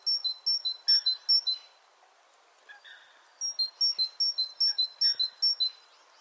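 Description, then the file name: Great tit song, rhythmic high-low two-note phrases in two long runs, accompanied by softer lower chirps in the background. "Parus major"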